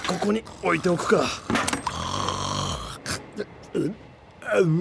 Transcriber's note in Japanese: のかく大いびきとゲップの音